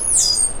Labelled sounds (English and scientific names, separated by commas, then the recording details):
Stitchbird (Notiomystis cincta) song
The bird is a male
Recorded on Tiritiri Matangi Island, New Zealand, in 2005
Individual 12, of nest box 16